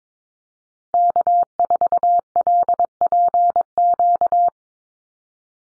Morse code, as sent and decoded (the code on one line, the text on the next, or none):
-.- ....- .-.. .--. --.-
K4LPQ